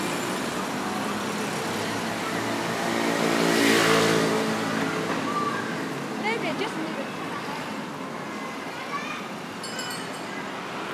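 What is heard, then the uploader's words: A walk down a city street, with a constant dense hum of traffic and crowd throughout. Around four seconds a vehicle swells past, and later, brief high chirps and scattered voices, perhaps children, pop out of the steady background. This walk starts down Jiang Ning Lu and finally begins at An Yuan Lu toward the middle of the track. This part of Shanghai has seen quite a bit of change and is now quite modern.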